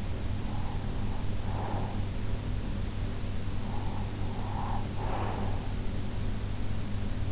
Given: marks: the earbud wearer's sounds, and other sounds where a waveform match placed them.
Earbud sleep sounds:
sounds in sleep by an in-ear microphone; breath
0.34-2.31 s: breath
3.57-5.79 s: breath

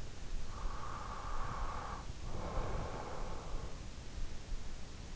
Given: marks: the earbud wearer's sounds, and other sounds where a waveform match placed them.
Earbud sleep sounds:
sounds in sleep by an in-ear microphone; breath
0.42-4.03 s: breath

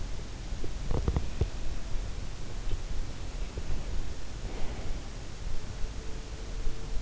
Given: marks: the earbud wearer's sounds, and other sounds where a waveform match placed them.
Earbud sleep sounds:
sounds in sleep by an in-ear microphone; body movement
0.81-1.60 s: body movement

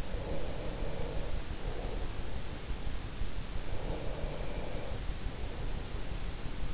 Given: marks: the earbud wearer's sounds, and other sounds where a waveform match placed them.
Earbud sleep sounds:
sounds in sleep by an in-ear microphone; breath
0.02-2.77 s: breath
3.71-6.22 s: breath

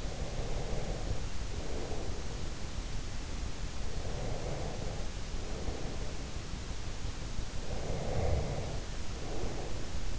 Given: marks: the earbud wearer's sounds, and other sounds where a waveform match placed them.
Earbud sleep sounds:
sounds in sleep by an in-ear microphone; breath
0.00-2.57 s: breath
3.65-6.33 s: breath
7.52-10.19 s: breath

